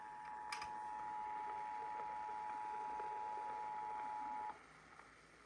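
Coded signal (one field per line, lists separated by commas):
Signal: Emergency Alert System (SAME) tones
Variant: 853 and 960 Hz attention tone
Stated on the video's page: Orange County required monthly test tones.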